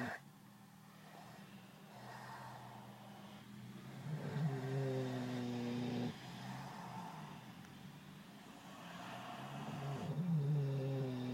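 Low, rumbling, droning snores from six young sows fast asleep, snuggled up together in their big ark outdoors, overlap with slow, irregular swells in loudness about every five seconds. These are the ordinary snores of contented resting pigs, not a sign of distress.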